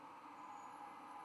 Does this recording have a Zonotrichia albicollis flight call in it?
no